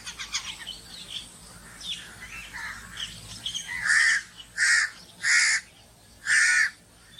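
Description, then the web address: Myna soft chattering notes at first, then four loud, harsh rasping calls spaced a little under a second apart. "animal-sound myna-sound"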